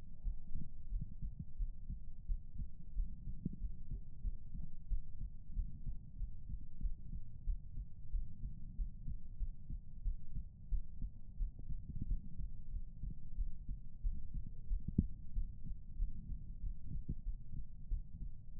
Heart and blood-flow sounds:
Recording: heart sounds by stethoscope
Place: pulmonary valve (PV)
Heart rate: 89 bpm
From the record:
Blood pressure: 103/62 mmHg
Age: 21 years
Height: 149 cm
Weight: 50 kg

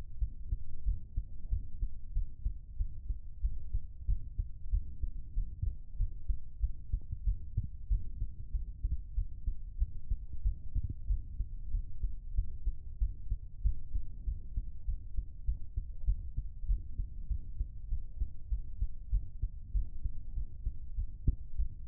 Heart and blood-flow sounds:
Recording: heart sounds by stethoscope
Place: pulmonary valve (PV)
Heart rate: 93 bpm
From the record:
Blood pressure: 102/57 mmHg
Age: 28 years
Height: 153 cm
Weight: 50 kg

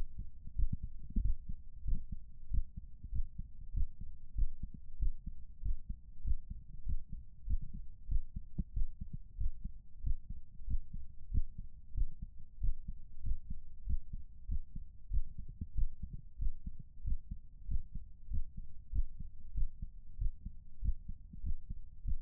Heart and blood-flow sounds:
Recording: heart sounds by stethoscope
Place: pulmonary valve (PV)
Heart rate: 98 bpm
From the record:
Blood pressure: 106/72 mmHg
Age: 33 years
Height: 183 cm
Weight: 80 kg

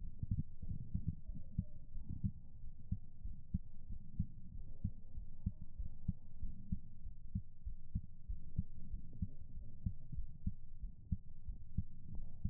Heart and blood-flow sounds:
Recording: heart sounds by stethoscope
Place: pulmonary valve (PV)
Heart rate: 98 bpm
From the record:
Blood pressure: 126/82 mmHg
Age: 35 years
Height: 163 cm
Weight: 89 kg

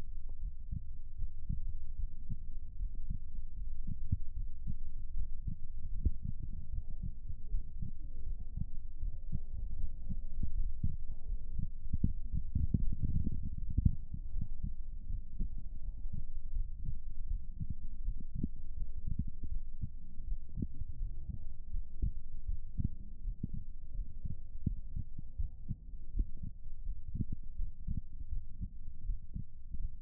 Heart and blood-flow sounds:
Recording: heart sounds by stethoscope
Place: pulmonary valve (PV)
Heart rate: 80 bpm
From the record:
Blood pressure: 128/78 mmHg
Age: 39 years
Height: 171 cm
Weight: 70 kg

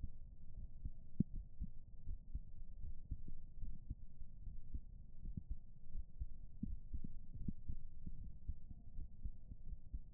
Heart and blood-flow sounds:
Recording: heart sounds by stethoscope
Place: pulmonary valve (PV)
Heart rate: 80 bpm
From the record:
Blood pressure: 125/74 mmHg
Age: 36 years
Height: 175 cm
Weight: 72 kg

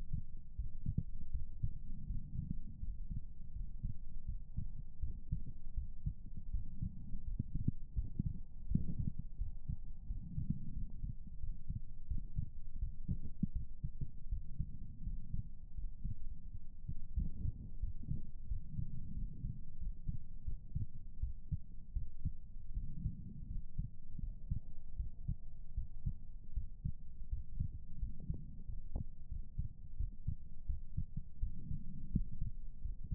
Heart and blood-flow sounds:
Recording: heart sounds by stethoscope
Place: pulmonary valve (PV)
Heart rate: 87 bpm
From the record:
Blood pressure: 127/80 mmHg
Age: 28 years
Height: 170 cm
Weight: 104 kg

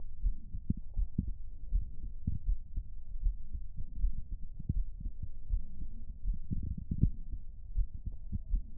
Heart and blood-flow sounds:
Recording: heart sounds by stethoscope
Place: pulmonary valve (PV)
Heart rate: 85 bpm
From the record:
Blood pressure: 141/83 mmHg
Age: 57 years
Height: 155 cm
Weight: 58 kg

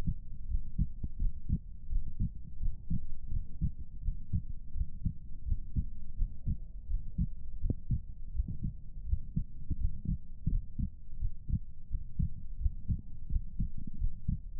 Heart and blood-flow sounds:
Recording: heart sounds by stethoscope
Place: pulmonary valve (PV)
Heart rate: 85 bpm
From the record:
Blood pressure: 127/78 mmHg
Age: 39 years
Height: 178 cm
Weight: 84 kg

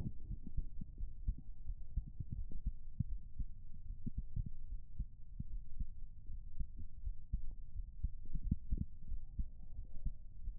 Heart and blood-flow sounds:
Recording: heart sounds by stethoscope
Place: pulmonary valve (PV)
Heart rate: 83 bpm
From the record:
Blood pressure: 117/70 mmHg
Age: 33 years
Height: 165 cm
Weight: 65 kg

